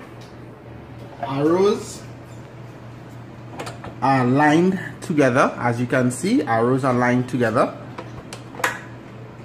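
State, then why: Seated. The plastic lid of a Ninja BL641 Blender DUO with Auto-iQ Technology is lined up with the arrows on the pitcher and pressed or turned until it locks onto the pitcher. Someone talks, then a few small clicks are followed by a sharp click at 8.6 s as the lid seats in place.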